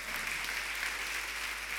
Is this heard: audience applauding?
yes